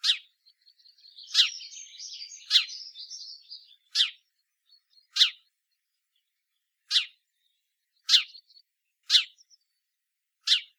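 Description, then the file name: House sparrow calling with clipped, sharp chirps at uneven intervals, one to two seconds apart, with a burst of twittering chatter early on. "Passer domesticus"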